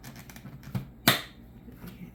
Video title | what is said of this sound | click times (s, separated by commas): Vitamix A3500 Ascent Blender | And then you put the lid on. Until it snaps, and then | 1.1 s